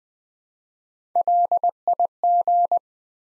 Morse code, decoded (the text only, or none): LIG